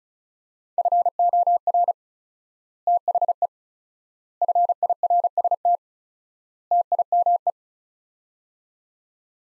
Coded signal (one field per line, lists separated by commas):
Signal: Morse code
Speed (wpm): 36 wpm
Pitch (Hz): 700 Hz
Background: none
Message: FOR THE FIRST TIME